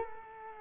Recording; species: mosquito wingbeat signal from an infrared sensor; Culex quinquefasciatus